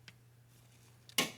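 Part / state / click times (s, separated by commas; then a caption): torque wrench on an engine bolt during timing belt and water pump job / torque reached / 1.2 s. A bolt on a VW Beetle 1.9L engine is tightened with a torque wrench during a timing belt and water pump job until the wrench clicks at its set torque. Over a low steady hum, faint ticks come at 0.1 s and 1.1 s, then the wrench gives one sharp, bright click at 1.2 s that rings briefly before fading. The bolt is confirmed torqued.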